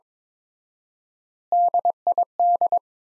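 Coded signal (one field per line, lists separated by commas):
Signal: Morse code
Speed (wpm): 22 wpm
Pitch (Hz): 700 Hz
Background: none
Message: DID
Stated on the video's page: Morse practice set of five-word groups at 22 wpm with 4x word spacing, a Farnsworth-like method using words, for head-copy training.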